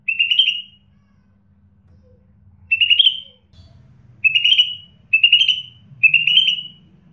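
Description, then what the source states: Bird singing five separate short trilled whistles, spaced unevenly, with a low hum and faint rumbling underneath. Chirping bird song for mastering (training) pet birds.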